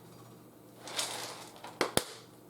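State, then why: Seated. A metal canning lid with a plastic-silicone seal sits on a mason jar of dehydrated potatoes under a vacuum sealer. A soft rushing hiss rises near 1.0 s, then a sharp tick comes at 1.8 s and a louder snap at 2.0 s as the vacuum forms. The lid pulls down and seals at 2.0 s.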